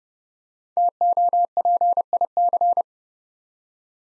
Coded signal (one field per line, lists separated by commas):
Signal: Morse code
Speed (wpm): 30 wpm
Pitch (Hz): 700 Hz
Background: none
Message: TOPIC